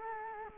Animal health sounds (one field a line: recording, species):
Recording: mosquito wingbeat signal from an infrared sensor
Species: Culex quinquefasciatus